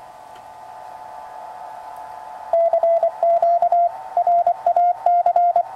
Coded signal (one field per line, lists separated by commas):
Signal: Morse code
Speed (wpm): 24 wpm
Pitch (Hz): 720 Hz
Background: radio noise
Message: CQ RAC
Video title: RadioSet-GO QRP transceivers - brief overview and demo by Hanz, W1JSB